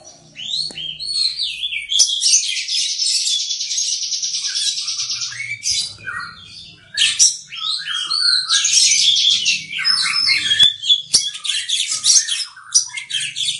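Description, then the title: Oriental magpie-robin singing long harsh buzzy notes mixed with quick whistled slurs and chatter. "Kacer"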